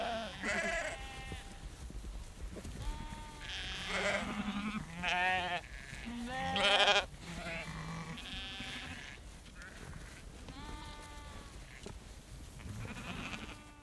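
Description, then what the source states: Sheep bleating from several animals, overlapping wavering bleats of varied pitch coming repeatedly throughout, with a low rumble of movement underneath. Herd of sheep walking close, bleating.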